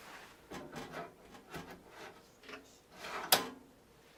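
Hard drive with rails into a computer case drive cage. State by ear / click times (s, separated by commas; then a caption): seated / 3.3 s. A hard drive fitted with plastic side rails is pushed into the metal drive cage of an In Win Dragon Rider full tower PC case, with a series of rubbing, sliding scrapes as it moves in. A loud, sharp click at 3.3 s marks the drive locking into place, followed by quiet.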